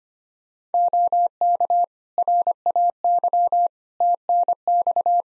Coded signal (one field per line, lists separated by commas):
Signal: Morse code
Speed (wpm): 25 wpm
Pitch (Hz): 700 Hz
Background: none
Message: OK RAY TNX